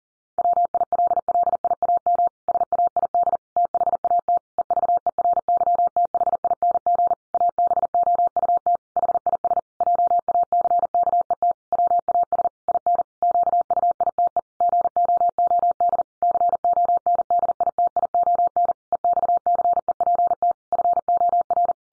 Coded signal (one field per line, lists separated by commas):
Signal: Morse code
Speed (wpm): 40 wpm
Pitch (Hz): 700 Hz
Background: none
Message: WILLIAM SAID THAT EVERYTHING ABOUT HIS JACKET WAS IN QUITE GOOD CONDITION EXCEPT FOR